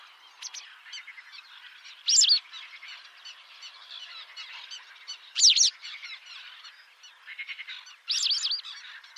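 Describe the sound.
White wagtail calls, soft high twittering throughout, broken about every three seconds by a loud, sharp burst of notes.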